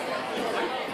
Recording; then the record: coughing mixed with background sound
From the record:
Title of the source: Coughing 77